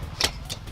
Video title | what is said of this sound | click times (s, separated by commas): Ultimate Pit Set Up?! - MOTOCROSS TESTED | There we go, popped into place. | 0.2 s